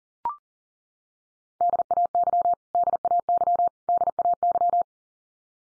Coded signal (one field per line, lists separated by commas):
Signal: Morse code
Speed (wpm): 40 wpm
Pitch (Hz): 700 Hz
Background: none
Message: DAY DAY DAY